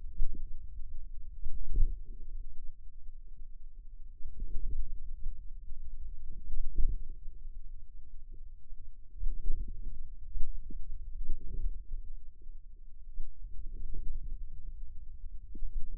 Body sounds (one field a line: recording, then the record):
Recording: forearm muscle sounds (acoustic myography)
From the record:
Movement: hand closing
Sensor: system 2, bracelet of six BSWA MPA416 microphones around the upper forearm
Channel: 2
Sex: female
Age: 22 years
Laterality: right